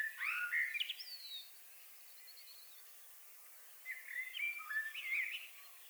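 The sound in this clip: Common blackbird singing two mellow, warbling phrases with short twittery ends, separated by a silent gap of over two seconds.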